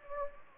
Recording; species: mosquito wingbeat signal from an infrared sensor; Anopheles gambiae